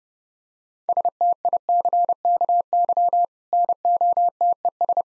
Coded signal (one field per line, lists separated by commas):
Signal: Morse code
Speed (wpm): 30 wpm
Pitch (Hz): 700 Hz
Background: none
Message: STICKY NOTES